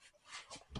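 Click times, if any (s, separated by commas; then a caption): none. A fresh rear carpet section in an MGB is handled and lined up over its snap fastener stud on the car floor. Soft rustling bursts are heard, ending in a short, louder low thump at 0.8 s. The carpet has not snapped onto the stud yet.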